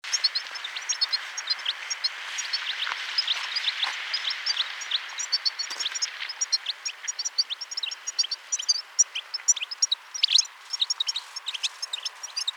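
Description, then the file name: European Goldfinch twittering, with many quick, high, tinkling chirps and short trills running throughout over a steady background hiss. "Carduelis carduelis"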